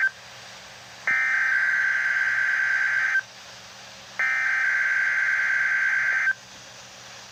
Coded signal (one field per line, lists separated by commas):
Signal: Emergency Alert System (SAME) tones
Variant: header bursts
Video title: Required Weekly Test from KCMO | EAS #141